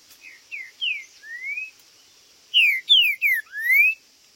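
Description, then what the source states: Green-winged saltator song: two phrases of slurred whistles, each a run of short falling notes ending in a long rising whistle, the second louder, over a steady high hum. Singing, chirping and territorial male calling (macheando) in a singing contest (disputa).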